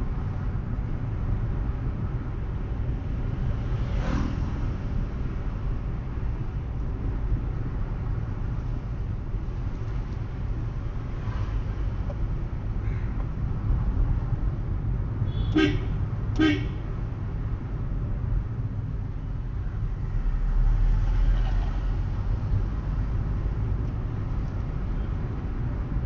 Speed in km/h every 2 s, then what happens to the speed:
33, 35, 34, 31, 30, 30, 30, 29, 24, 19, 26, 30, 33.
0-14 steady at about 30. 14-18 slows to 19. 18-26 speeds up to 33.